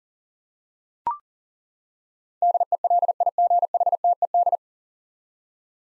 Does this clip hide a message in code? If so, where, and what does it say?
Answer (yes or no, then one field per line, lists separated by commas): yes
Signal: Morse code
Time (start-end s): 2.4-4.6 s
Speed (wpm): 40 wpm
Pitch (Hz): 700 Hz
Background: none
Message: DELIGHTED